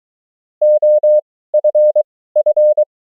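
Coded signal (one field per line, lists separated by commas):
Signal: Morse code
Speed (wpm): 23 wpm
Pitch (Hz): 600 Hz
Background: none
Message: OFF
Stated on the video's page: Morse training drill of the 500 most common amateur QSO words, abbreviations and prosigns, 20 wpm effective speed with 23 wpm character speed.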